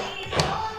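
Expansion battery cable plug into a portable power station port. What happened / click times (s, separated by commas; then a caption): The cable plug clicked into its port / 0.4 s. An expansion battery's connecting cable plug is pushed into the port on a portable power station while music plays in the background. A short click is heard at 0.4 s as the plug seats and locks in place when pushed forward.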